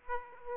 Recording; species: mosquito wingbeat signal from an infrared sensor; Aedes aegypti